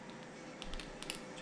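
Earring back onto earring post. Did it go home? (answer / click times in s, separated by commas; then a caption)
yes / 0.6 s, 0.7 s, 0.8 s, 1.0 s, 1.1 s. A small blue push-on earring back is pushed onto an earring post behind an earlobe. It tightens with a series of small, sharp clicks at 0.6, 0.7, 0.8, 1.0 and 1.1 seconds over a low steady background. The clicks mean the back is seated and tight.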